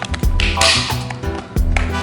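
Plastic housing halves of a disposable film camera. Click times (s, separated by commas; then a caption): 0.4 s, 1.8 s. The two plastic halves of a disposable film camera's housing, modified, are pressed back together over music, with sharp plastic clicks at 0.4 s and 1.8 s. A few lighter taps come at the start, and a longer scraping rustle follows around 0.6 s. The housing seals and clicks into place.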